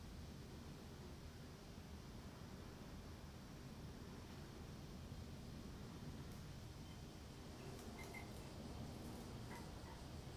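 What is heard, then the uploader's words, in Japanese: A garden recorded while a washing machine runs, heard as a steady, dense low rumble that never changes in level. From about six seconds on, faint high buzzing streaks and a few short chirps near eight and nine and a half seconds rise over it. 洗濯機が止まるまで庭を録ってみた。中盤あたりから騒がしくなります(セミのせい)。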